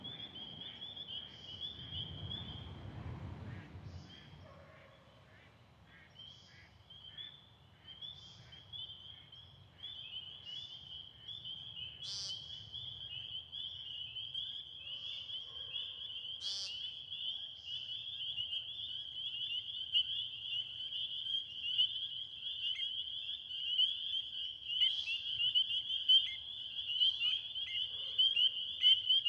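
Spring peepers keep up a dense, unbroken high chorus for the whole stretch, growing a little louder toward the end. A low rumble fills the first five seconds and then fades. Sharper single calls cut through around twelve and sixteen seconds.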